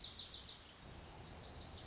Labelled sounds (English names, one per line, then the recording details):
Lazuli Bunting
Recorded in Sonoma County, California